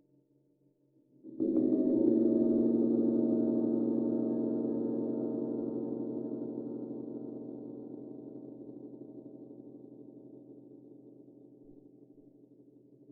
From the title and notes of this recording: Meditation Five Celestial Gongs.